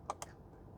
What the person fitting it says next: And I heard it click.